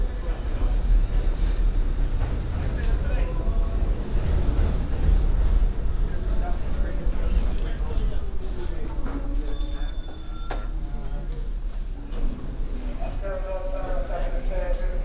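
Binaural field recording of a trip through New York on the MTA, full of a steady low rumble of moving transit. Voices murmur throughout, with brief sharp clicks and squeals scattered across the clip, and a couple of higher tones sounding around ten and thirteen seconds.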